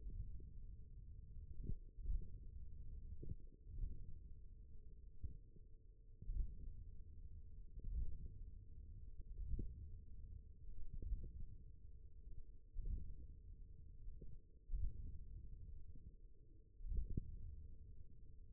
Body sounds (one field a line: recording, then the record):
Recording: forearm muscle sounds (acoustic myography)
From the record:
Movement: index flexion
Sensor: system 1, eight BSWA MPA416 microphones around the upper forearm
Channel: 2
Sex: male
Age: 41 years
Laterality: right